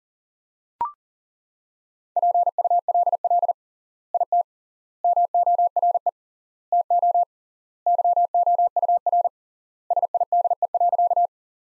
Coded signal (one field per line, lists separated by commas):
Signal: Morse code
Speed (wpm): 40 wpm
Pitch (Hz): 700 Hz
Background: none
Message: PULL IT MORE TO YOUR SIDE.